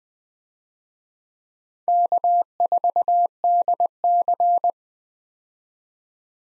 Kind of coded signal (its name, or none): Morse code